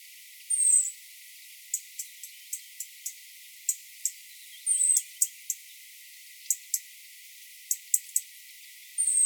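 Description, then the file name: European robin giving thin, high, slightly falling drawn-out notes, three in nine seconds, with bursts of sharp dry ticking clicks between them. "Erithacus rubecula"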